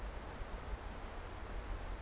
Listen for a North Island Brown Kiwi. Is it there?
no